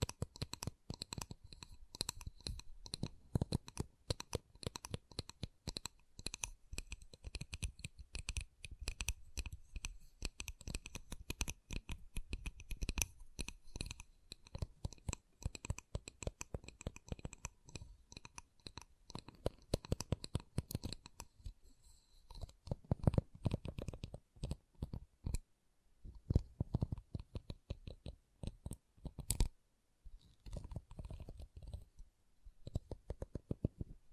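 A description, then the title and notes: Dense, rapid wooden tapping and scratching clicks run throughout, briefly thinning around 21 and 26 seconds before resuming in quick bursts. ASMR Calming Wood Triggers for Sleep (No Talking).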